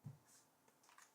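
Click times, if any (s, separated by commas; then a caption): none. A DDR5 RAM stick is handled at a motherboard DIMM slot, with a low thump near the start and faint light taps and rustling after it. Nothing has seated or clicked yet, and the retention latch has not snapped shut.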